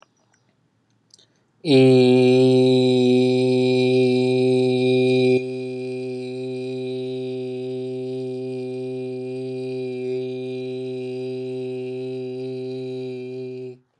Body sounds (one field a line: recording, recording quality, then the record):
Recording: sustained vowel as in beet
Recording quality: excellent, no background noise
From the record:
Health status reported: healthy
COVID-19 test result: negative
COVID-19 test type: RT-PCR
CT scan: not taken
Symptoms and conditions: sore throat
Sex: male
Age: 32 years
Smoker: no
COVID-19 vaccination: both doses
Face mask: not worn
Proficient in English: yes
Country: United States